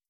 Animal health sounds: hydrophone in a shrimp aquaculture tank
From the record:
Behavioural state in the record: starved

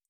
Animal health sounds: hydrophone in a shrimp aquaculture tank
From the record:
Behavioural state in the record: feeding

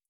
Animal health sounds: hydrophone in a shrimp aquaculture tank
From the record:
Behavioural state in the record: feeding

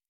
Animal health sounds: hydrophone in a shrimp aquaculture tank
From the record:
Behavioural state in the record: normal

